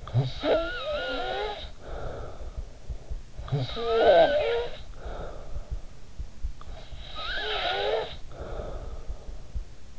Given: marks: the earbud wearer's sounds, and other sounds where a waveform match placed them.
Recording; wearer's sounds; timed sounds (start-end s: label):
sounds in sleep by an in-ear microphone; snoring breath
0.00-9.99 s: snoring breath